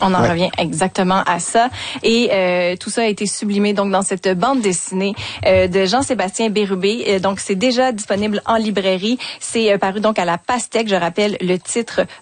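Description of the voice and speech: A woman speaks French in a clear, steady mid-pitched voice, presenting a newly published comic book. Her delivery is fluent and well paced, with only brief natural pauses and no repetitions, blocks or strain. This is ordinary, typical speech.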